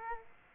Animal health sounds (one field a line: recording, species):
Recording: mosquito wingbeat signal from an infrared sensor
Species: Aedes aegypti